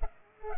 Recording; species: mosquito wingbeat signal from an infrared sensor; Culex pipiens